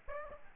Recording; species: mosquito wingbeat signal from an infrared sensor; Aedes aegypti